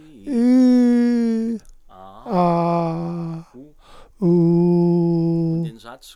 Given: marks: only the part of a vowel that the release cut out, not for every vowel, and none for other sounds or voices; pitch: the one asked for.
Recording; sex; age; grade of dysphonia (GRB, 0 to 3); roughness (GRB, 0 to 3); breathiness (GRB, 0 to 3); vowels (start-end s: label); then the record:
sustained vowels; male; 40 to 49 years; 0; 0; 0
0.34-1.45 s: vowel /i/, low-high-low pitch
2.35-3.06 s: vowel /a/, low-high-low pitch
4.28-5.58 s: vowel /u/, low-high-low pitch
From the record:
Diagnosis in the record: Down syndrome, dysphonia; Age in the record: 47 years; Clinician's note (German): Morbus Down + Dysphonie